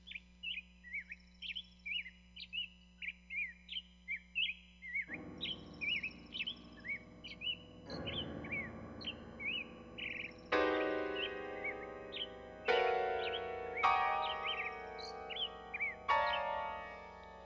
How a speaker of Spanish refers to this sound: Ningún libro puede enseñar lo que se aprende en la infancia si se presta ojo y oído al vuelo y al canto de los pájaros, y se tiene a alguien cerca que puntualmente sabe darles un nombre.